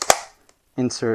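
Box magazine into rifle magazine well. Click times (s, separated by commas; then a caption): 0.0 s, 0.1 s. A loaded box magazine is firmly inserted into the magazine well of an AR-15 rifle, giving a loud, sharp metallic slam and click at 0.0 and 0.1 seconds as it latches and seats. A faint tick follows around 0.5 seconds, and then someone talks.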